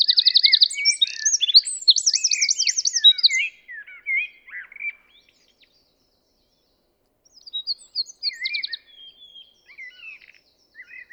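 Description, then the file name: Eurasian wren song: a loud, rapid outpouring of high notes with fast trills, then a pause and a second softer burst of twittering phrases. "Troglodytes troglodytes"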